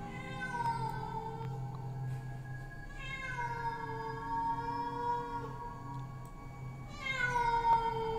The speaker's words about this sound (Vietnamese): Ấy thế nhưng lại không có tiếng gọi, thay vào đó là bầy mèo hoang ở trên rừng đang kêu lên inh ỏi. Một lúc tiếng mèo kêu bắt đầu nhiều hơn, những con mèo dường như đã bắt đầu vào sâu trong bản.